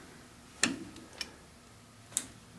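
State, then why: Not seated. On a G4003 lathe, the threading dial is lined up on another mark and the half-nut lever is pushed to engage the leadscrew. Loud, sharp ticks sound at about 0.6, 1.2 and 2.2 seconds over a low steady background. The half-nut has not locked in on that mark; nothing has seated yet.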